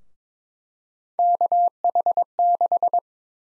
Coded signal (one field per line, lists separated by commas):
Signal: Morse code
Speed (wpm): 22 wpm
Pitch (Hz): 700 Hz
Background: none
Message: KH6